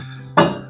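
A click-type torque wrench set to 50 ft-lb tightens the steel blade bolt on a Husqvarna zero turn mower over a steady low hum. A single sharp click sounds at 0.4 s and rings out briefly, confirming the bolt has reached its set torque.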